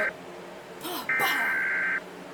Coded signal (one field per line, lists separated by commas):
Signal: Emergency Alert System (SAME) tones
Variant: header bursts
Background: speech